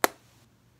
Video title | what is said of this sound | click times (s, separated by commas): Large Dollar Tree Haul | you have to watch these because I checked if you hear this to make sure it locks a lot of the ones that I looked at did not have that little click sound | 0.0 s